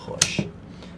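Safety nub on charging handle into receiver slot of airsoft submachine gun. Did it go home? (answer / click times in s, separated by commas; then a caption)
yes / 0.2 s. With the charging handle pulled back, the black safety nub on the bolt handle of an ARES PPSh airsoft submachine gun is pushed into its slot in the receiver to put the gun on safe. A sharp, bright snap-like click sounds at 0.2 s, followed by a softer, lower thump just before 0.4 s. The nub seats and the gun is on safe.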